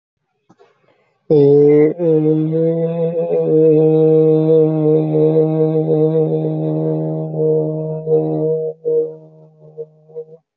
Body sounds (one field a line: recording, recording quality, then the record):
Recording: sustained vowel as in made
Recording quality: excellent, no background noise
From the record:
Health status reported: healthy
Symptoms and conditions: none ticked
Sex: male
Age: 23 years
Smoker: not ticked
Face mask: not worn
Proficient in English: yes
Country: India